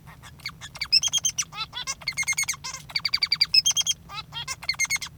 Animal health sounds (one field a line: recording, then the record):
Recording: song of a male Bengalese finch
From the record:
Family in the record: father 3